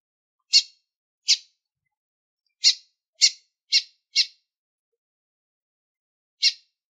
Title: Fêmea De Bigodinho Chamando Muito Para Esquentar O Macho!